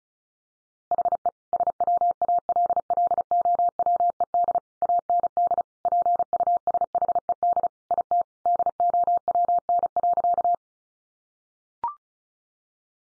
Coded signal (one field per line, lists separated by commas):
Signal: Morse code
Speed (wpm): 34 wpm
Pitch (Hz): 700 Hz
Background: none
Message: HE SWALLOWED AND PUSHED IT DOWN.